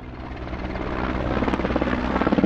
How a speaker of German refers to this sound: Armeehubschrauber kreisen über der Innenstadt.